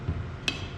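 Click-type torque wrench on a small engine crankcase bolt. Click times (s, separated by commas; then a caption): 0.5 s. A click-type torque wrench tightens the second, lower crankcase bolt on a 79cc Predator small engine during a crank and piston install. Over a faint low rumble, a single sharp click rings out at 0.5 s as the wrench breaks over, and the bolt is torqued.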